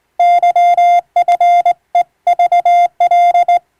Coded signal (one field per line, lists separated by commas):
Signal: Morse code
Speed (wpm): 18 wpm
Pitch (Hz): 700 Hz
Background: none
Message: YFEVL